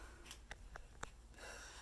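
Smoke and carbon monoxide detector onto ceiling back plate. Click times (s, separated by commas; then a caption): 1.0 s. A Nest Protect 2nd Generation smoke and carbon monoxide detector is twisted onto its ceiling-mounted plastic back plate by someone on a ladder. Faint handling ticks at about 0.3, 0.5 and 0.8 seconds lead up to a sharp click at 1.0 s, as the detector seats into place.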